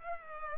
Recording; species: mosquito wingbeat signal from an infrared sensor; Culex pipiens